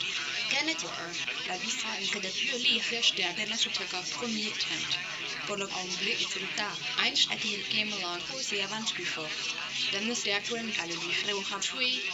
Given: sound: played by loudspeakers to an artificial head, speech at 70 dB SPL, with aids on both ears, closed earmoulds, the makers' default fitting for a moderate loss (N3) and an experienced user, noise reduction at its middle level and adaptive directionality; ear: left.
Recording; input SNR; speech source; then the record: speech test signal (ISTS) in cocktail-party noise; +6 dB; in front (0 degrees)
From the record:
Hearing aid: class 1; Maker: A